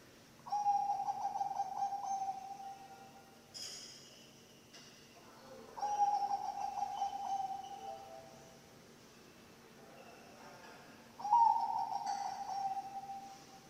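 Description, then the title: Zebra dove song: three trilled cooing phrases, each stuttering at the start then flowing steadily, separated by pauses; a brief sharp click between them. Bangkok-type zebra dove song, recorded for training other birds (masteran) and for luring (pancingan). "mster Mnuk. SUARA OCEHAN BURUNG PERKUTUT BANGKOK Untuk MASTERAN dan PANCINGAN"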